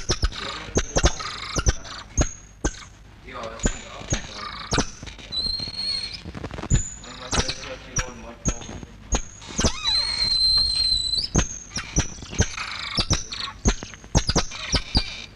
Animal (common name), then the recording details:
Golden Lion Tamarin. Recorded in captivity. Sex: male. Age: adult. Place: Tierpark Berlin, Berlin, DE. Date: 1963. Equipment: Englisches Reportergerät, Kopie BG 26/1. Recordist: Altmann, Dagmar